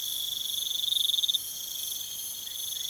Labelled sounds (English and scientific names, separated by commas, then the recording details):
none
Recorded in pastures near Puerto Asís, Putumayo, Colombia, on 23 June 2025 at 23:30
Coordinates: 0.486, -76.323
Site H29